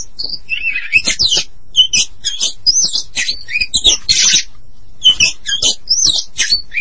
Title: Suara Kicauan Burung Kacer